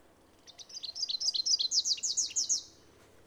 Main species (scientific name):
Basileuterus rufifrons